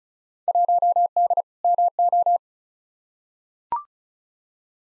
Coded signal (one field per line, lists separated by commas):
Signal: Morse code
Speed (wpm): 36 wpm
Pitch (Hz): 700 Hz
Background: none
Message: 1D MO